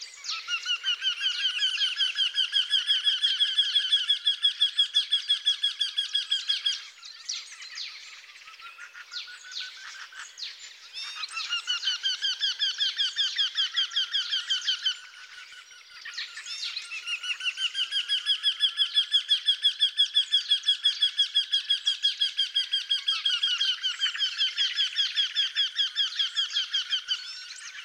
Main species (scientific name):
Jynx torquilla